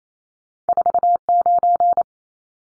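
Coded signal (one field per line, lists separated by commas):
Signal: Morse code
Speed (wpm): 28 wpm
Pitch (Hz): 700 Hz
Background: none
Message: 49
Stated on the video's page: Morse code head-copy drill of two-digit numbers at 28 wpm, each number sent, spoken, then sent again.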